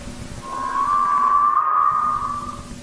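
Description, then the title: Whale song: one long, steady moaning tone that swells slightly and rises a little in pitch before fading, over a low hiss. "Ballena Canto"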